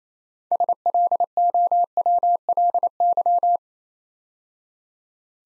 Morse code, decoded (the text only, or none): SLOWLY